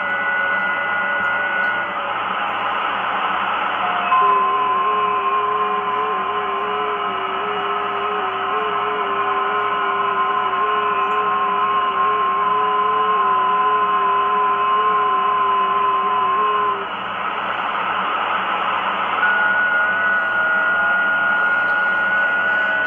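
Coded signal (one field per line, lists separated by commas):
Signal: FT8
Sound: steady hiss with faint, steady, narrow warbling tones that start and stop together about every 15 seconds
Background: radio static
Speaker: So let's put the volume up and let it decode for a little while.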